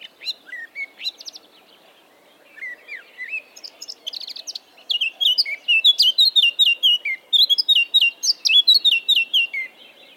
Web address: SETE Sylvia atricapilla